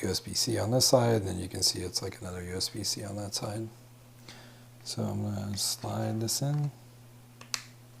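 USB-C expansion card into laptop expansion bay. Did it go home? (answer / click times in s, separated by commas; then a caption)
yes / 7.4 s, 7.5 s. A small USB-C expansion card is slid into its bay in the plastic and metal side of a Framework laptop while someone talks. After the talking, a faint tick at 7.4 s and a sharp click at 7.5 s are heard as the card seats and is confirmed in.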